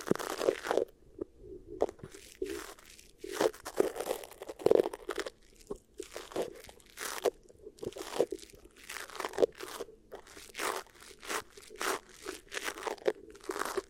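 Beeswax ear triggers: soft waxy crunches and crinkles come in quick, uneven bursts through the whole clip, each with a crisp bright edge over a low muffled body. Short silences separate many of the bursts, with a few quiet breathy moments between.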